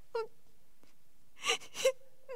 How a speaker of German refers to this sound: Und jetzt fange ich gar zum Weinen an. Das gehört sich schon gar nicht.